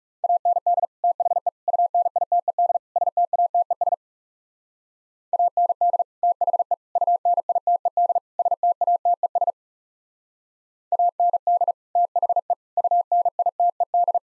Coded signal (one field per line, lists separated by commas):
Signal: Morse code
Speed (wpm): 38 wpm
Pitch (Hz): 700 Hz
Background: none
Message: AND THE UNITED STATES AND THE UNITED STATES AND THE UNITED